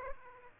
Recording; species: mosquito wingbeat signal from an infrared sensor; Aedes aegypti